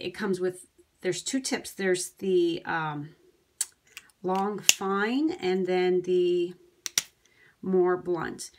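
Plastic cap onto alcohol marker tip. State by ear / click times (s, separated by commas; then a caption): seated / 6.9 s, 7.0 s. Someone talks while handling an alcohol-based marker with two tips, a long fine one and a blunter one, then presses its plastic cap back onto the blunt end. Two sharp clicks at 6.9 s and 7.0 s show the cap has seated, closing the marker completely so it won't evaporate.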